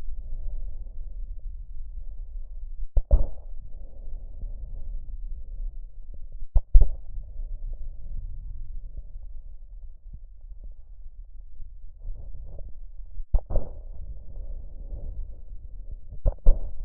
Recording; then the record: lung sounds by stethoscope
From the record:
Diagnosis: emphysema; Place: left posterior upper chest